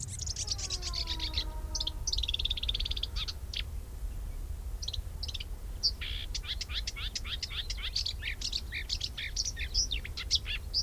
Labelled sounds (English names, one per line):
Marsh Warbler song